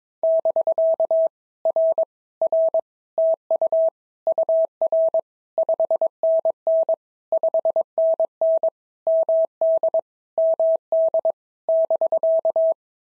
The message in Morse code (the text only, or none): <BK> R R TU UR 5NN 5NN MD MD <BK>